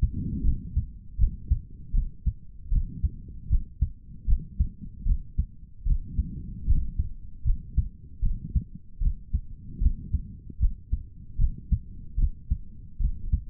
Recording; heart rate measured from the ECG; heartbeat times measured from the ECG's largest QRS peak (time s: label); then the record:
heart sounds by stethoscope; 76 bpm
0.42 s: heartbeat
1.17 s: heartbeat
1.92 s: heartbeat
2.70 s: heartbeat
3.48 s: heartbeat
4.26 s: heartbeat
5.04 s: heartbeat
5.84 s: heartbeat
6.65 s: heartbeat
7.43 s: heartbeat
8.20 s: heartbeat
8.99 s: heartbeat
9.79 s: heartbeat
10.58 s: heartbeat
11.37 s: heartbeat
12.16 s: heartbeat
12.98 s: heartbeat
From the record:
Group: healthy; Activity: rest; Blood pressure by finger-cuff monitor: 125/76 mmHg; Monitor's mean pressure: 92 mmHg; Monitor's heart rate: 77 bpm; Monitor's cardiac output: 4.2 L/min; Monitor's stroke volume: 54 mL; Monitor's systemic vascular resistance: 1580 dyn s/cm5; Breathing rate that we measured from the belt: 18 breaths a minute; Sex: male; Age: 55 years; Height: 167 cm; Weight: 57.2 kg